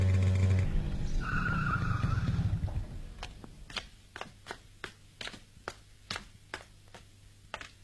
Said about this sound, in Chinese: 在深夜寂静的街上，一辆摩托车飞速地穿过大街小巷，停在田海家的门口。